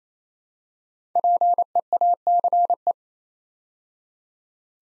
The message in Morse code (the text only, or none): PEACE